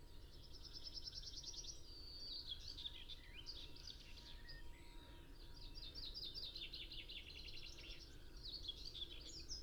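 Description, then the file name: Common chaffinch song: several phrases of rapid high trills with varied notes between, over a low rumble. "Fringilla coelebs"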